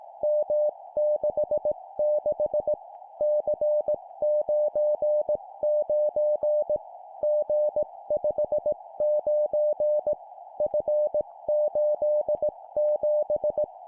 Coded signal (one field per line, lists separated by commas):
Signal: Morse code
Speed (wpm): 18 wpm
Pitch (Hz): 600 Hz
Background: music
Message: M66 C99 G59 F87